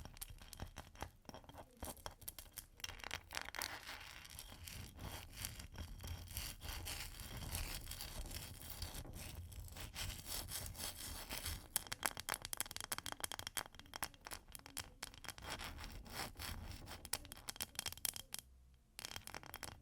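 Ice being scratched and tapped in a dense, rough, almost continuous scraping, like a saw or stiff brush rubbing back and forth. Sharp clicks and taps break through often, clustering more thickly in the second half, with a brief pause near eighteen seconds.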